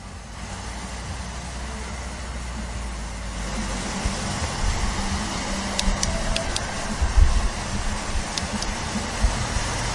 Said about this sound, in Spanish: Un lugar hoy que además también tiene dos carreteras, por eso el tráfico rodado, que quizás también se puede filtrar